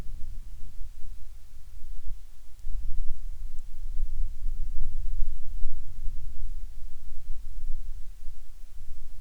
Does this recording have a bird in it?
no